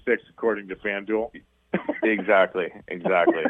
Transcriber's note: laughs